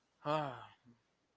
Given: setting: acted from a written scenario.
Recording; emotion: vocal sound without words; realization